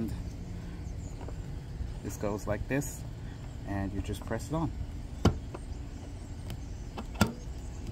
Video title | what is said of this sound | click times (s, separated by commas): GENMAX GMEFP-PLUS 12v DC Electric Fuel Pump with Auto Start-Stop Sensor | it locks in place. | 7.2 s